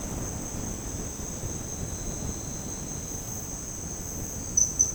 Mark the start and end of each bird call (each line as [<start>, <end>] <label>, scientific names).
[0.00, 3.31] Sclateria naevia